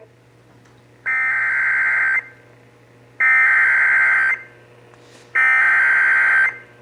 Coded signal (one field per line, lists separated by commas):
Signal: Emergency Alert System (SAME) tones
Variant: header bursts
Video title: (EAS #621) Severe Thunderstorm Warning (WBAP-AM)